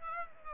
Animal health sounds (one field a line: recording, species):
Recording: mosquito wingbeat signal from an infrared sensor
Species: Aedes aegypti